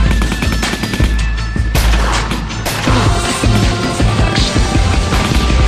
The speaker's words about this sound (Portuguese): E brilha nesse instante, vem ali no céu da pátria, é tiro de fuzil, escopeta e matraca.